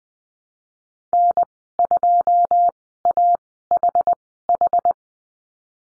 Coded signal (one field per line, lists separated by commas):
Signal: Morse code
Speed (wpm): 20 wpm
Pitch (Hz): 700 Hz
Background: none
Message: N2AHH